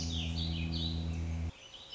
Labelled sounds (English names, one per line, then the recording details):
Warbling Vireo
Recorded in Sonoma County, California